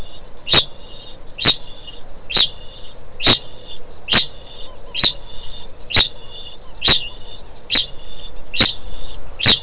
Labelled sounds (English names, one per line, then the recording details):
Kākāpō ching call
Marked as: faintness 3/5
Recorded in New Zealand
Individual Stumpy